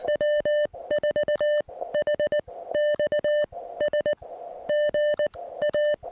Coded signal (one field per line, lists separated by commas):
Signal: Morse code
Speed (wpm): 19 wpm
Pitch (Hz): 1800 Hz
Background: music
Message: W4HXS GA